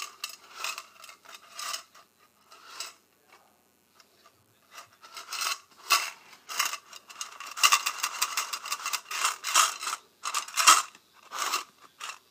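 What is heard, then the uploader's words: Paperclips and safety pins clink and scrape together in short, bright bursts, with brief silences between handlings in the first half. From about six seconds the metallic rattling grows denser and busier, with sharp clicks standing out near eight and eleven seconds. ASMR Paperclips and Safety Pins.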